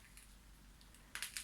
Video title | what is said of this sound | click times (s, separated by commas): Irene con ileostomia 3 | hace un clic, ¿verdad? | 1.1 s